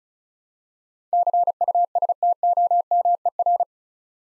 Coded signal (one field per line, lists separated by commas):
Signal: Morse code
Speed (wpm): 36 wpm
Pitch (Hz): 700 Hz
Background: none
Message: CUSTOMER